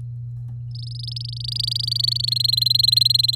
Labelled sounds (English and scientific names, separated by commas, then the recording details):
Domestic Canary (Serinus canaria) song
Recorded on 10 May 2018 at 09:40
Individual llb16